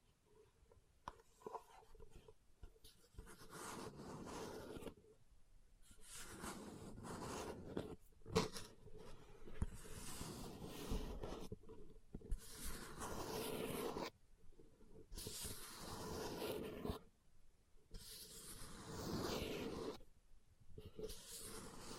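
Leather being tapped and scratched, in uneven bursts of rough scraping that fill the low and middle range with a hissy top. The bursts run a few seconds each, split by brief near-silent gaps around 5, 8, 14 and 17 seconds.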